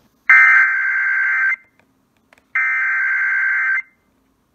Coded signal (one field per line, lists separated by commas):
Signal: Emergency Alert System (SAME) tones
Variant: header bursts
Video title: Enhanced Risk Day... EAS Alerts from 2/5-6/2020 (EAS #248-294)